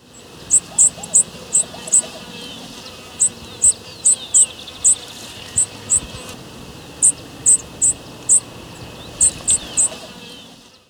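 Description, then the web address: Cinereous conebill giving short, very high sharp notes, singly and in quick pairs, repeated at irregular intervals over a low steady hiss. Recorded in Ecuador. "Natures Songs S America Birds of Ecuador. Cinereous Conebill"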